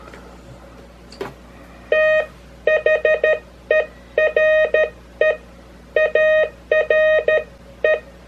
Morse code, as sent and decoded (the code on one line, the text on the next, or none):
- .... . .-. . / .- .-. .
THERE ARE